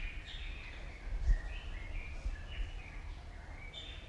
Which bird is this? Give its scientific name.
Otidiphaps nobilis